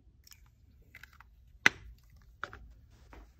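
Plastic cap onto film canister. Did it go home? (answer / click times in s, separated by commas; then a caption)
yes / 1.7 s. A plastic cap is snapped shut onto a film canister holding water and an antacid tablet, with a loud, sharp click at 1.7 s as the cap seats. Quieter knocks and taps follow at about 2.4 s, 2.5 s and 3.2 s over a low background rumble.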